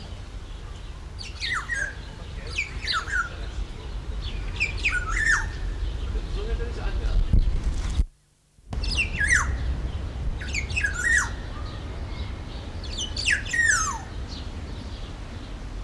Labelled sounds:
Black-naped Oriole (Oriolus chinensis)

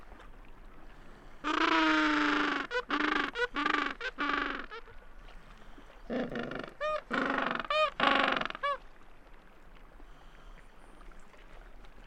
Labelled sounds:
Gentoo Penguin (Pygoscelis papua) call

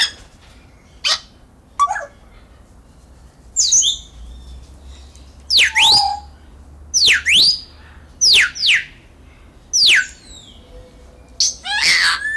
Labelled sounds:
Grey Parrot (Psittacus erithacus) call

